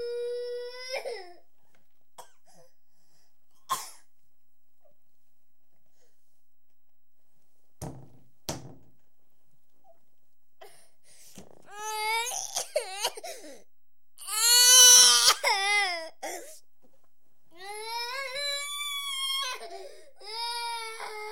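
A 4-year-old child cries in bursts, with high, wavering wails and sobbing gasps between them, separated by quiet pauses and a few small knocks.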